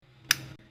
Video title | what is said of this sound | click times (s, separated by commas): DIY Projector Headlamp Retrofit Bi Xenon Conversion for Proton Wira Part 2 | That means it's locked in nice and snug. | 0.3 s